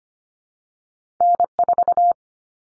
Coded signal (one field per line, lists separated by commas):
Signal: Morse code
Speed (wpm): 25 wpm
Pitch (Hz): 700 Hz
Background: none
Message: N4